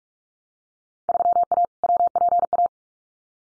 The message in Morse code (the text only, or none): 3A WPA